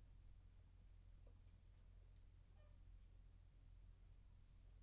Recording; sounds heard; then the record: poultry house recording; healthy chickens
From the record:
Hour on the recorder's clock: 1